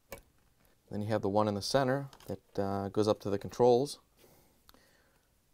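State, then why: Seated. A power wiring harness plug is pushed into its socket on a GE dishwasher electronic control board (WD21X24900C) and clips in with a sharp click at 0.1 s. Someone then talks, followed by another faint tick near 4.7 s.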